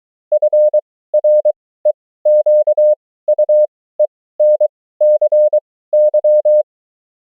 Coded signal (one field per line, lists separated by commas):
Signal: Morse code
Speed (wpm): 23 wpm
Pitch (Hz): 600 Hz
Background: none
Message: FREQUENCY